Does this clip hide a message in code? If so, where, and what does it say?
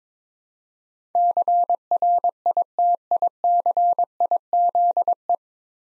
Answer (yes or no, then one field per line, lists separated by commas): yes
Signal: Morse code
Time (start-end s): 1.1-5.4 s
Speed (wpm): 23 wpm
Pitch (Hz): 700 Hz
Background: none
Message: CRITICIZE